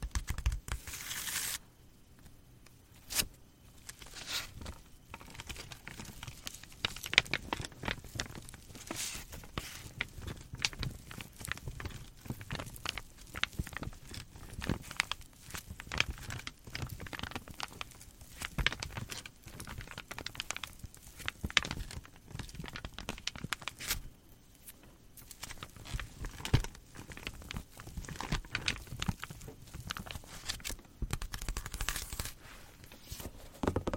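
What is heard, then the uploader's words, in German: A dense stream of sharp taps and clicks runs through the whole stretch, irregular and quick, with scattered louder hits and a faint crinkling, rustling texture. Brief near-silent gaps break the flow around 2, 24 and 31 seconds. ASMR - "Tapp, tapp, tapp".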